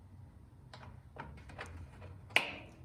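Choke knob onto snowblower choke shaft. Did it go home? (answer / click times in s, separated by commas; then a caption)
yes / 2.4 s. A plastic choke knob is pushed back onto its shaft on the control panel of a Craftsman snowblower, after the throttle lever has been reinstalled. A few faint handling ticks are followed by a single sharp pop at 2.4 s as the knob seats onto the shaft.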